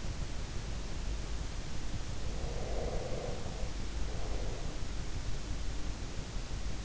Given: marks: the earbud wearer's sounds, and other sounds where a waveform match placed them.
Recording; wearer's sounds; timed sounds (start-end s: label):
sounds in sleep by an in-ear microphone; breath
2.38-4.85 s: breath